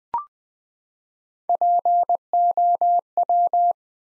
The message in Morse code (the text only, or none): POW